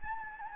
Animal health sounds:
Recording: mosquito wingbeat signal from an infrared sensor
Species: Anopheles gambiae

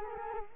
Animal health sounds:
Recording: mosquito wingbeat signal from an infrared sensor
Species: Culex quinquefasciatus

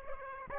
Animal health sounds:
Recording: mosquito wingbeat signal from an infrared sensor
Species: Aedes aegypti

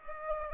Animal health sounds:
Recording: mosquito wingbeat signal from an infrared sensor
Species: Aedes aegypti

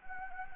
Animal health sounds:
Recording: mosquito wingbeat signal from an infrared sensor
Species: Anopheles gambiae

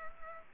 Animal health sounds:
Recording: mosquito wingbeat signal from an infrared sensor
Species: Culex pipiens

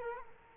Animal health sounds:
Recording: mosquito wingbeat signal from an infrared sensor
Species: Culex quinquefasciatus

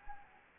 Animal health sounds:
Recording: mosquito wingbeat signal from an infrared sensor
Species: Anopheles gambiae

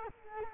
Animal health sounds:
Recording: mosquito wingbeat signal from an infrared sensor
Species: Culex quinquefasciatus

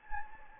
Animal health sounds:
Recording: mosquito wingbeat signal from an infrared sensor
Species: Anopheles gambiae

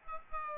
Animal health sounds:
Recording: mosquito wingbeat signal from an infrared sensor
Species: Aedes albopictus

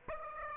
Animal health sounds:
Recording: mosquito wingbeat signal from an infrared sensor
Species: Aedes aegypti

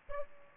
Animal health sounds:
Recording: mosquito wingbeat signal from an infrared sensor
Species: Aedes albopictus

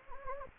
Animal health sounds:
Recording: mosquito wingbeat signal from an infrared sensor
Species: Anopheles gambiae

